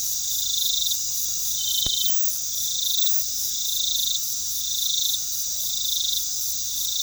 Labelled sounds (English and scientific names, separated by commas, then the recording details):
none
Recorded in pastures near Puerto Asís, Putumayo, Colombia, on 21 February 2024 at 22:30
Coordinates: 0.468, -76.328
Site G6414